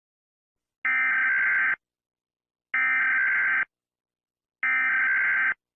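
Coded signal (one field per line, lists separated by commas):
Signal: Emergency Alert System (SAME) tones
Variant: header bursts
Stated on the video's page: Made-up EAS scenario for entertainment.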